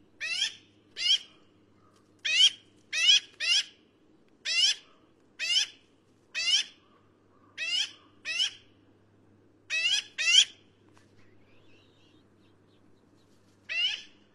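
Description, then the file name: Black-billed magpie calls: harsh, nasal squawks, given singly or in pairs, repeated about once a second with short pauses, over a faint low hum. "canto do Pica hudsonia"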